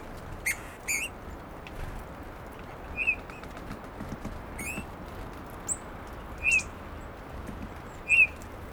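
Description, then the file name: Eurasian bullfinch calls: soft, slightly arched piping notes spaced irregularly, several in all, over constant low hiss. "Pyrrhula pyrrhula"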